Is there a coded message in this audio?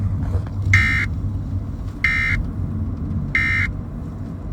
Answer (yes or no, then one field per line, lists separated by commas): no